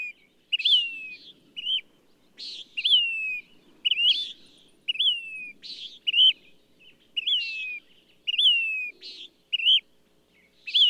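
Bird singing a series of whistled slurs falling in pitch, alternating with harsh buzzy notes, about once a second.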